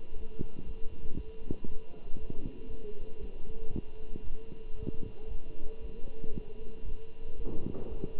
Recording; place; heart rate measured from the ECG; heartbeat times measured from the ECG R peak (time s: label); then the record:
heart sounds by stethoscope; between the tricuspid and mitral areas; 117 bpm
0.15 s: heartbeat
0.65 s: heartbeat
1.15 s: heartbeat
1.66 s: heartbeat
2.17 s: heartbeat
2.68 s: heartbeat
3.19 s: heartbeat
3.70 s: heartbeat
4.22 s: heartbeat
4.74 s: heartbeat
5.27 s: heartbeat
5.79 s: heartbeat
6.32 s: heartbeat
6.84 s: heartbeat
7.35 s: heartbeat
7.87 s: heartbeat
From the record:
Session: Bruce protocol treadmill stress test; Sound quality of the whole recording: good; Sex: male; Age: 23 years